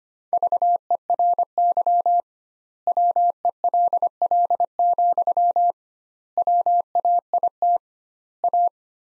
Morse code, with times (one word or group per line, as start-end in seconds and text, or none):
0.3-2.2 VERY
2.9-5.7 WELL,
6.4-7.8 WAIT
8.4-8.7 A